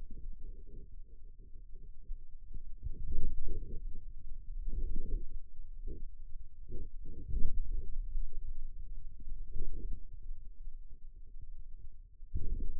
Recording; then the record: forearm muscle sounds (acoustic myography)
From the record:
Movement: outward rotation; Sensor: system 2, bracelet of six BSWA MPA416 microphones around the upper forearm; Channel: 6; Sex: male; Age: 22 years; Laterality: right